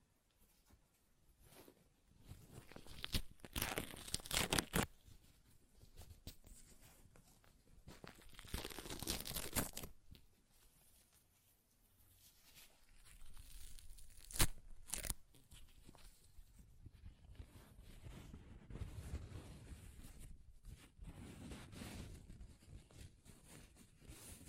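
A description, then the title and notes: Paper is ripped and torn in a series of bursts, with loud, bright tearing strokes around 3–5 seconds and again near 8–10 seconds, plus a sharp rip near 14 seconds. Between them come quieter crinkling and rustling, and a softer, steadier tearing fills the last ten seconds. ASMR Paper Ripping Tearing Sounds (No Talking).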